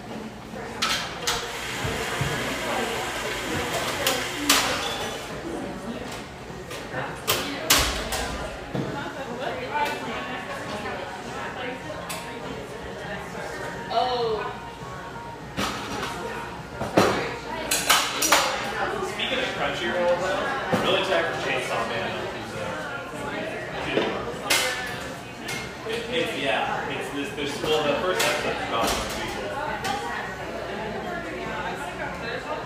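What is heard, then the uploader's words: A busy scene in the Pearl District of Portland, Oregon: a steady, dense murmur of many voices talking at once fills the whole clip. Sharp clicks and clatters, like dishes or knocks, break through every second or two, with a low hum underneath. Pearl District, Portland, Oregon.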